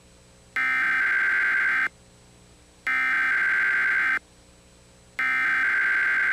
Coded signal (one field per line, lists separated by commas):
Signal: Emergency Alert System (SAME) tones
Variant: header bursts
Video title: EAS Scenario - Showbiz Pizza